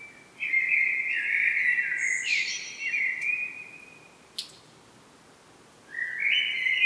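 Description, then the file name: Common blackbird song: a long mellow phrase with a high squeaky flourish, a brief click, then another phrase starting after a pause. "Turdus merula"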